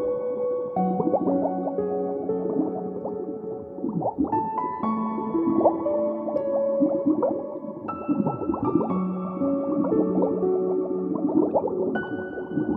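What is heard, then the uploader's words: Underwater bubbles gurgle and burble continuously, thick with quick rising chirps and hollow glugging tones, muffled, with no pauses throughout. Diving Underwater Bubbles.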